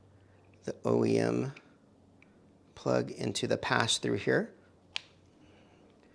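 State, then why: Seated. An OEM headlight plug is pushed into the pass-through connector of an auxiliary light wiring harness, a plastic automotive connector. Someone talks, then a single sharp click sounds at 4.9 s as the connector seats with a positive click.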